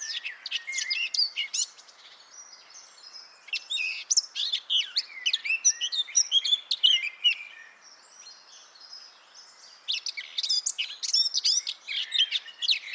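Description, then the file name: Eurasian blackcap singing dense, fast warbled phrases of chirps and whistles, broken by pauses near three and nine seconds. "Sylvia atricapilla"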